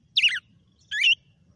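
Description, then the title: Red-cowled cardinal giving two short, sharp chirped notes over faint low background rumble. Female red-cowled cardinal named Fenrir, singing; the song style heard is called açoite. "Canto Galo Campina Fêmea 06. GALO DE CAMPINA FENRIR - HJ FOI AÇOITE VIU??"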